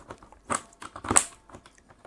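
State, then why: Seated. A wire keycap puller is pushed down over a keycap on a Redragon K617 RGB FIZZ 60% hot-swap mechanical gaming keyboard with silent red switches, so the cap can then be pulled off. Scattered small plastic ticks and rustling lead to a brighter burst. The prongs click into place under the keycap at 1.2 s, seating the puller.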